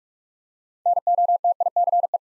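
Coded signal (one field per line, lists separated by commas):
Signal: Morse code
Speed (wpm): 44 wpm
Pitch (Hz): 700 Hz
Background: none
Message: NOTICE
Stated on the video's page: Morse word drill at 45 wpm: six-letter words for head-copy practice, each sent twice.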